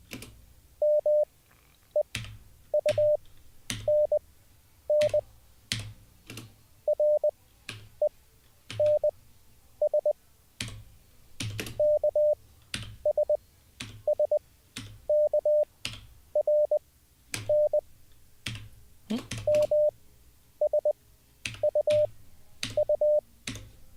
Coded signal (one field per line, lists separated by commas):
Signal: Morse code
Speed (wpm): 20 wpm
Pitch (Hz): 600 Hz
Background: none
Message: MEUNN RENS KSSKRN MSUU